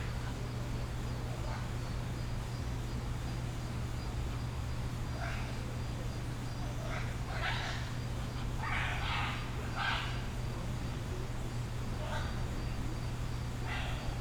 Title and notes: Três araras se comunicando, pássaros, pessoas passando, vozerio, trânsito distante, cigarras, INPA (Instituto Nacional de Pesquisa da Amazônia), próximo à loja de itens indígenas. Gravado no INPA, Manaus, Amazonas, Amazônia, Brasil. Gravação parte da Sonoteca Uirapuru.